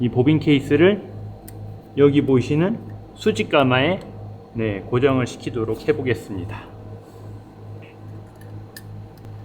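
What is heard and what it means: A bobbin case is being handled as it is about to be fitted into a sewing machine's rotary hook, where a proper install gives a click and leaves the latch lever lying straight. Someone talks through most of the clip, with a few faint, brief ticks around 1.5 s and near 8.8–9.3 s. The clip ends before the bobbin case goes home, and nothing has seated or clicked yet.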